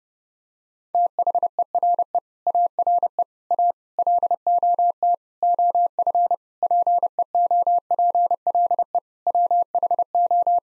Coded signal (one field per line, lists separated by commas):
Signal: Morse code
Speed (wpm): 30 wpm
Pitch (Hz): 700 Hz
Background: none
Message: THERE ARE A LOT OF PEOPLE WHO